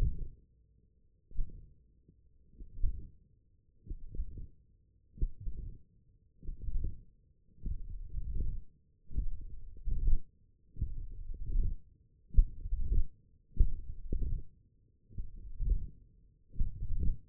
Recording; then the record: forearm muscle sounds (acoustic myography)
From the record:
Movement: hand closing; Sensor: system 1, eight BSWA MPA416 microphones around the upper forearm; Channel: 7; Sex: male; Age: 21 years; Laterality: right